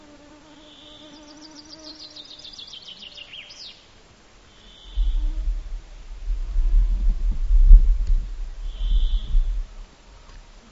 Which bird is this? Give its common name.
Common Chaffinch